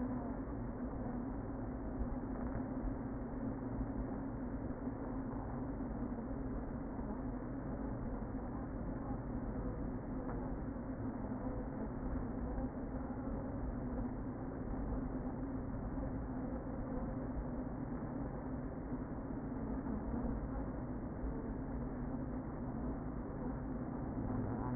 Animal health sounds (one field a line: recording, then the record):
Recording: honeybee colony, microphone inside the hive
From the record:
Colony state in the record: queen present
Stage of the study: before two queens were removed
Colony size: about 60,000 bees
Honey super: yes